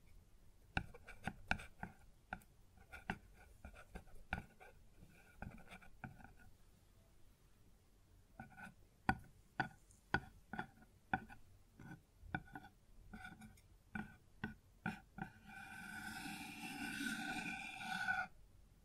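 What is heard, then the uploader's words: Sharp knocks and taps on a wooden surface come in irregular bursts, some quick and clustered, others spaced apart, with a quiet pause around seven to eight seconds. Near the end, a sustained scraping or rubbing sound replaces the taps before stopping. ASMR Sounds on Wooden Surface (No Talking).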